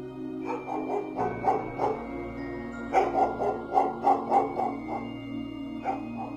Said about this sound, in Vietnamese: Trong lúc đôi bàn tay quỷ của Mế Diệu Hoa đang hút thánh khí của cậu Lãm thì bất ngờ vang lên tiếng chó sủa.